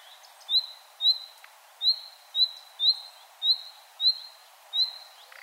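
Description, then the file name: Common nightingale calling with a steady series of rising whistled notes over a quiet background. "Luscinia megarhynchos"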